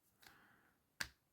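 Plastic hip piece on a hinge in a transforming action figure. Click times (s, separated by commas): 1.0 s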